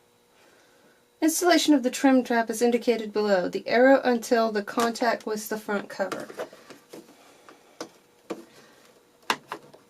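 Someone talks while handling the plastic trim trap (waste catcher) of a Brother 1034D serger, pressing it toward the serger's front cover. The talking fades out after about 6.5 s and is followed by a few short, sharp handling taps between 7.5 and 9.5 s, the loudest at 9.3 s. Nothing has seated or clicked yet.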